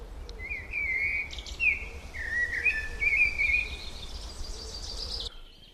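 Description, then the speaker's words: Common Blackbird song: mellow, fluted warbling phrases, then a higher squeaky twittering flourish at the end, all over a steady background hiss. One of Poland's most beautiful songbirds; overwinters and can sing in winter, at dawn and sometimes at night. "posłuchajmy głosu kosa."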